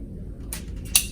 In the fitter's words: releasing the cap down like that. You should hear it click, and that's how you know that the dose is ready.